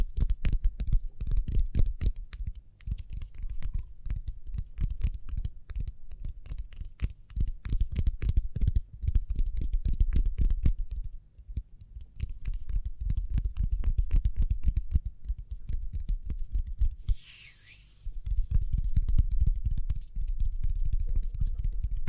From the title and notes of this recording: ASMR Speedy Hand Sounds (No Talking).